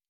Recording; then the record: hydrophone in a shrimp aquaculture tank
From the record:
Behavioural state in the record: normal